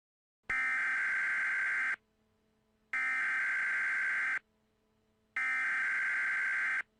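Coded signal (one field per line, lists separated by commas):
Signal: Emergency Alert System (SAME) tones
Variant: header bursts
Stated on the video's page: Fictional EAS scenario alert about flying butts, a made-up creation.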